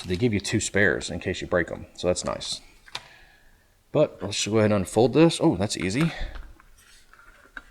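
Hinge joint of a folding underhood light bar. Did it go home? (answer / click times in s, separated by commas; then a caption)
yes / 7.6 s. A man talks while unfolding a hinged plastic folding underhood LED light bar, with a few small handling taps. A sharp click at 7.6 seconds marks the hinge joint locking straight, so the light bar is seated open.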